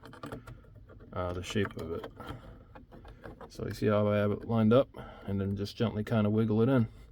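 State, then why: Not seated. Someone talks while lining up the plastic lens cover of an interior map/dome light with the headliner housing of a 2019–2023 Honda Passport (also Pilot/Ridgeline) after an LED bulb change, then gently wiggles it in. Small plastic ticks and taps are heard near the start (around 0.1–0.9 s) and again around 2.8–3.4 s. Nothing has seated or clicked in yet.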